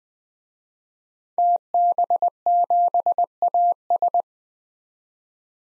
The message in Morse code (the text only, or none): TB7AS